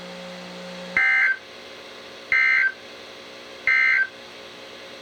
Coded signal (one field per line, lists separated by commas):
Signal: Emergency Alert System (SAME) tones